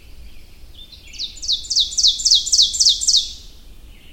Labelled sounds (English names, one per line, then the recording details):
Ovenbird song
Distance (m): 15 m
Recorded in boreal forest in Alberta, Canada, on 22 June 2016 at 05:17
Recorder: SongMeter 3, array SBT-6-76
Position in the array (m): 150 m, 99 m
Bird 3